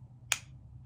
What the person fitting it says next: you hear that click you know it's in place